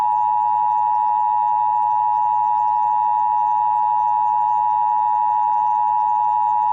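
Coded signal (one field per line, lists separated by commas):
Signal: Emergency Alert System (SAME) tones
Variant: 853 and 960 Hz attention tone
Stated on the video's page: Fictional EAS scenario made with generative AI voices.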